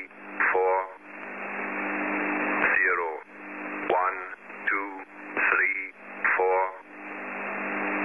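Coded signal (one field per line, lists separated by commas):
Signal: numbers station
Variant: E06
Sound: short spoken syllables over hissy radio static, voices seemingly overlapping out of step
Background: radio static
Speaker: now over here this is two out to sync messages that was sent from e06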